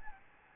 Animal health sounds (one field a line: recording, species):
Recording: mosquito wingbeat signal from an infrared sensor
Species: Aedes albopictus